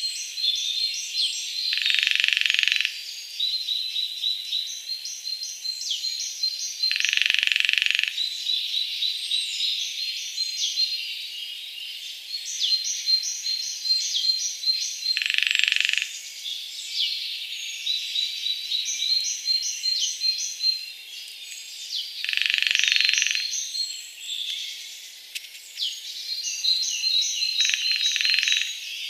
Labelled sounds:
Lesser Spotted Woodpecker (Dendrocopos minor) drumming
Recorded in the wild
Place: Waltershofen / Freiburg im Breisgau, Baden-Württemberg, DE
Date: 2003-04-25
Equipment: MiniDisc Sharp MT 20 H, Sennheiser MKH 816
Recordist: Schwarz, Dieter

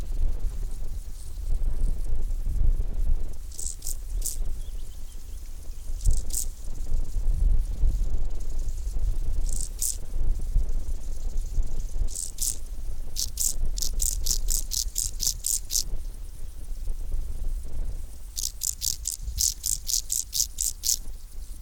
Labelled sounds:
Field Grasshopper (Chorthippus brunneus) stridulation
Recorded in the wild
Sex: male
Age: imago
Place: Wildpark Schorfheide, Schorfheide, Brandenburg, DE
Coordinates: 52.92, 13.56
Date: 1996-08-06 11:57
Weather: wechselnd wolkig, ca. 17°C
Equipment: Sony MD-WM MZ-R3, Sennheiser ME 80, Kopie Uher 4000 Report Monitor
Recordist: Tembrock, Günter
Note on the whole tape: Zwei Männchen: Respondieren, größeres Tier mit "tieferer Stimme". Danach noch zwei andere Männchen

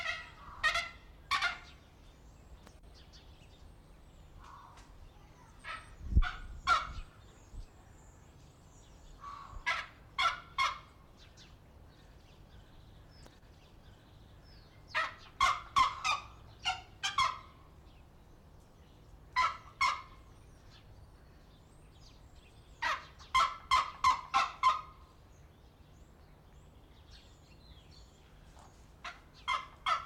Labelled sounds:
Pallas's Fish Eagle (Haliaeetus leucoryphus)
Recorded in captivity
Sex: pair
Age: adult
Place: Zoo Berlin, Berlin, DE
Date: 1994-02-11 11:04
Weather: Bedeckt, 4°C
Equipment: Marantz CP 130, Sennheiser ME 80, Kopie Uher Variocord 263
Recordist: Tembrock, Günter

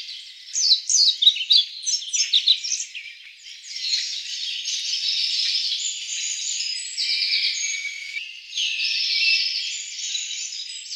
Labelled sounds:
European Pied Flycatcher (Ficedula hypoleuca) song
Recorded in the wild
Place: Waltershofen / Freiburg im Breisgau, Baden-Württemberg, DE
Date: 1996-05-16
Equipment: Dat-Recorder Casio DA 7, Telinga DAT, Telinga-Parabolspiegel
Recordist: Schwarz, Dieter
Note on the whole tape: Song

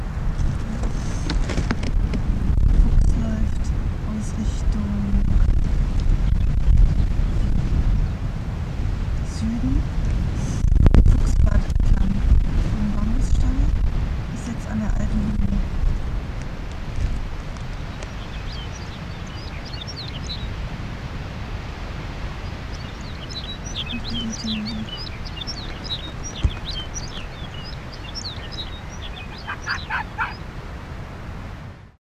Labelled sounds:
Arctic Fox (Vulpes lagopus)
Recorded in the wild
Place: Insel Mednyi, Kommandeur-Inseln, RU
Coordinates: 54.5167, 168.083
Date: 1999-07-10 20:37
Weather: 9°C, bedeckt, kein Nebel, starker Nordostwind
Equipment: Sony WM-D6C, Sennheiser ME 80, K 30 AV, Windkorb, Kopie Sony TCD-D8
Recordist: Jakupi, Antje
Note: Südosten der Insel, Haupttal: Eine Bellstrophe aus Richtung alte Fuchshöhle

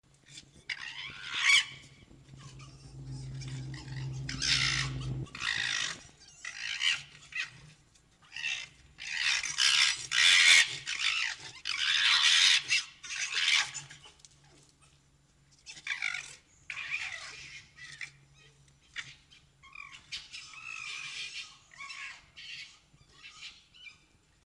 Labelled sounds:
Red Fox (Vulpes vulpes)
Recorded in captivity
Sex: group
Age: adult
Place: Zoologisches Institut der HUB, Berlin, DE
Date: 1956-03-22 18:30
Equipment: Elmetra
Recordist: Tembrock, Günter
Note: Jupp: Muffen mit Fleisch; Fiffi: Keifen und Keckern gegen Nelly; Nelly: Begrüßungswinseln auf Fiffi und Jupp bezogen

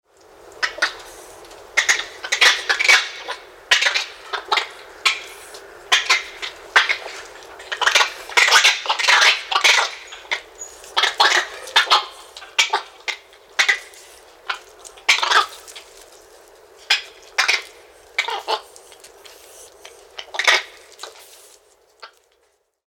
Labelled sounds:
Black-handed Spider Monkey (Ateles geoffroyi)
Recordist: Tembrock, Günter
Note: Keckern

